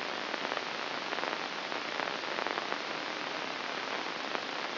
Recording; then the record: brain microelectrode recording played as sound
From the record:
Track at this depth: inside the subthalamic nucleus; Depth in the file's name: 2.746 mm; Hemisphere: right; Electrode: 2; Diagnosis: Parkinson's disease